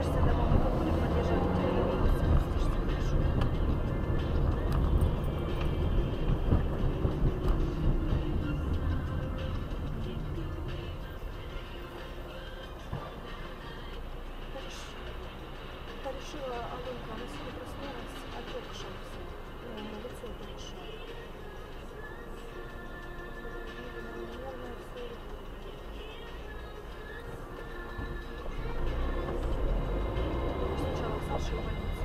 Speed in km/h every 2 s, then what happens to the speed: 34, 39, 38, 38, 21, 4, 1, 0, 0, 0, 0, 0, 0, 0, 8, 20.
0-6 steady at about 38. 6-11 brakes to 1. 11-27 standing. 27-30 pulls away to 20.